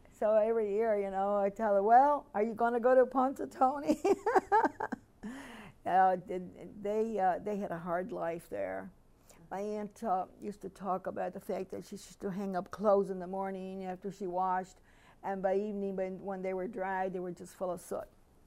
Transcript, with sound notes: So every year, you know, I tell her, "Well, are you going to go to Pinxsutawny?" [Laughs] They, uh, they had a hard life there. My aunt used to talk about the fact that she used to hang up clothes in the morning after she washed, and by evening when they were dry they were just full of soot.